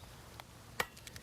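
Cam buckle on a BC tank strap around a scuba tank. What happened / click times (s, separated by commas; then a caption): The cam buckle snapped shut / 0.8 s. A cam buckle on a BC tank strap around an aluminum 80 scuba tank is snapped shut onto its cam, then the tab is held down with velcro so it doesn't get snagged and accidentally open. A faint tap sounds at 0.4 s before the sharp, bright snap of the buckle seating at 0.8 s, followed by several softer clicks. The buckle is seated and the strap is closed.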